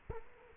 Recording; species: mosquito wingbeat signal from an infrared sensor; Culex quinquefasciatus